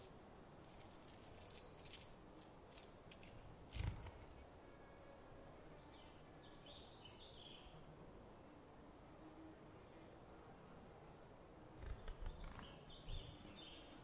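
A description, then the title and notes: Midday at a creek campground: steady low water rush underneath, scattered bright bird chirps, a sharp knock near four seconds, livelier calls late. Midday At Trout Creek Campground. I arrived early in the morning of the 12th of May and set up near a still-water riparian area. This being the Cascade Mountains range, there was plenty of distant water wash everywhere, from small rivers and streams to snowmelt runoff. The non-riparian portion of the forest here was filled with typical Cascades’ evergreens such as Douglas Fir, Spruce, and the like.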